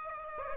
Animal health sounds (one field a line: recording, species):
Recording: mosquito wingbeat signal from an infrared sensor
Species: Aedes aegypti